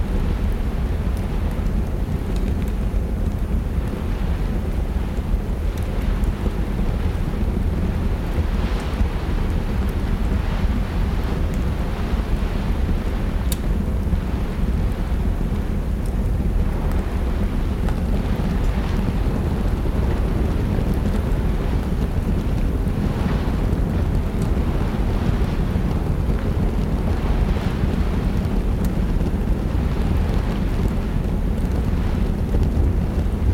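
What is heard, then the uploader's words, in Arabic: A storm soundscape of rain with a crackling fire, carried by a steady, dense low rumble that never lets up. Faint crackles and soft pops surface now and then, with one sharp snap around thirteen seconds. العلية الدافئة في عاصفة. حيث تكتكة النار في المدفأة تنير الغرفة بوهج دافئ يرقص على الجدران. خارجًا، يهطل المطر على النوافذ، إيقاعه المتواصل يضيف إلى السيمفونية المهدئة للعلية. أصوات المطر وتكتكة النار.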